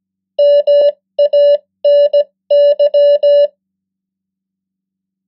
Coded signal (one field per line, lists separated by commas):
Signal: Morse code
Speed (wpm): 17 wpm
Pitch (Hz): 580 Hz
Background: none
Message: MANY